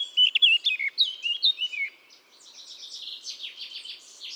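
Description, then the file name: Eurasian blackcap song: a bright burst of quick fluty warbling notes for two seconds, followed by a softer, scratchy twittering. "Sylvia atricapilla"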